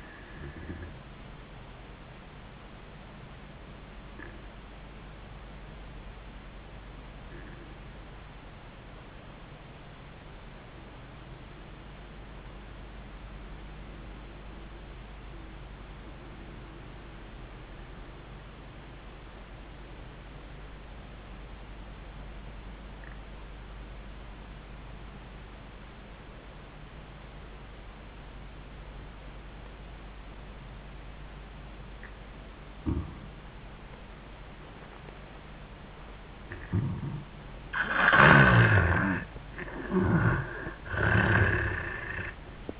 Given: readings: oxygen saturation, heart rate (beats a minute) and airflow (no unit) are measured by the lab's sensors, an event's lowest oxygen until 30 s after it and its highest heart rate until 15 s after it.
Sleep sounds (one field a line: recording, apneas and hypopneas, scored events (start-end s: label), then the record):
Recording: breathing in sleep by a voice recorder at the bedside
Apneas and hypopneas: 1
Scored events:
4.00-37.80 s: obstructive apnea (N1, oxygen 98% highest, then 77% lowest, heart rate 72 at the start, 91 highest)
17.00-42.80 s: new sleep stage, N2 (light sleep)
From the record:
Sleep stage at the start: N1 (lightest sleep)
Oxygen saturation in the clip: 73 to 98%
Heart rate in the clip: 66 to 85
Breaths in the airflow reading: 3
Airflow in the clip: -12.1 to 10.1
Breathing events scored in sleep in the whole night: 400 in 8.7 hours asleep